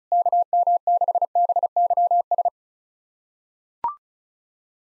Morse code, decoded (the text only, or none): KM6BYS